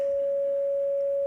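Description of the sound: A simulated heart monitor's steady, unbroken flatline tone, the asystole alarm heard when the heart is flatlined. The same tone marks a brain monitor when there is no more brain activity: the sound of death.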